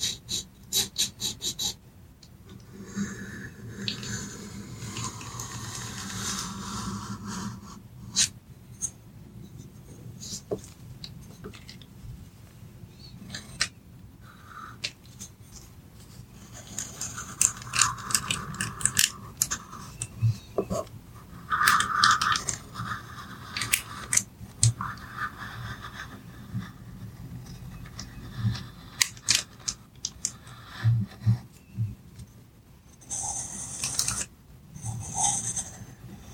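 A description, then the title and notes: Pencils scratch and trace softly across paper, with frequent short strokes and taps scattered throughout and occasional crinkling of paper. The activity comes in uneven bursts, busier around the middle and near the end, over a quiet low hum. Soft tracing with pencils.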